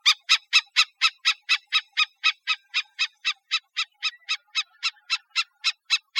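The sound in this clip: Black-necked stilt giving sharp, harsh yapping notes in a steady fast series, about four each second.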